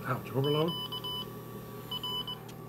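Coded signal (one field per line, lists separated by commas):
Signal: Morse code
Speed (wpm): 20 wpm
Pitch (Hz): 3000 Hz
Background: speech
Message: QR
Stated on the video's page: MFJ-998 tuner's automatic CW "QRT" overload warning, which is supposed to sound if over 1500 watts is applied.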